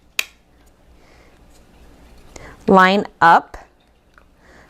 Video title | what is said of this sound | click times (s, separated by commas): Discover the Versatility of Ring's Stick Up Camera | until it clicks | 0.2 s